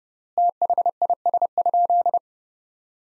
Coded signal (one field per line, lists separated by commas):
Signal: Morse code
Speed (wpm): 30 wpm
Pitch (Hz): 700 Hz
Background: none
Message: THIS?